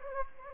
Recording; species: mosquito wingbeat signal from an infrared sensor; Anopheles gambiae